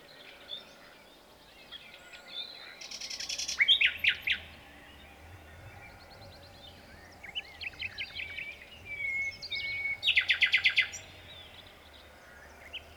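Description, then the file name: Common nightingale song: varied phrases with bursts of rapid, repeated buzzy notes and sharp clicking rattles, separated by short whistled and chirping fragments over a soft background hiss. "Luscinia megarhynchos"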